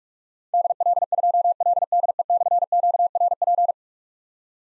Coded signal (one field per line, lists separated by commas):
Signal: Morse code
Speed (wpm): 44 wpm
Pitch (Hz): 700 Hz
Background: none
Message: DL2LDE/QRP